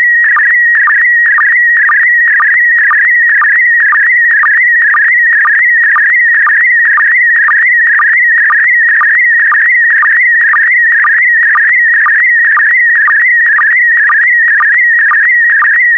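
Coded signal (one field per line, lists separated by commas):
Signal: SSTV (slow-scan television)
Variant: PD120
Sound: continuous warbling whistle near 2 kHz with rhythmic low blips about twice a second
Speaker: 5, 4, 3, 2, 1. Thank you. Transmission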